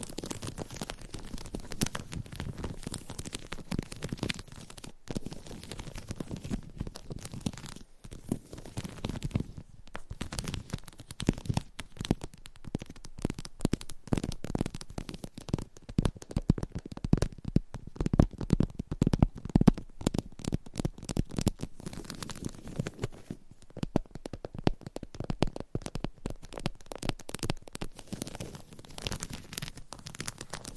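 Dense scratching and tapping go on without a break for the whole half-minute, a rough, crackly texture of quick strokes and small taps. The sound stays mostly low and papery, with brief pauses near 5, 8 and 10 seconds and busier, louder bursts later on.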